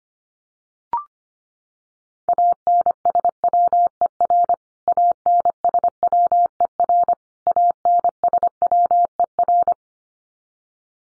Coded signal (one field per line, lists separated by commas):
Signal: Morse code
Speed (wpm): 25 wpm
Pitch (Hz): 700 Hz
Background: none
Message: ANSWER ANSWER ANSWER